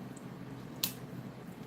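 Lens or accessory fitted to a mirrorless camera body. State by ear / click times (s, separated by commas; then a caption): seated / 0.8 s. A part, most likely a lens, is fitted onto the mount of a Fujifilm mirrorless camera body during unboxing. It seats with a single sharp click at 0.8 s over quiet background hiss. The part locks into place.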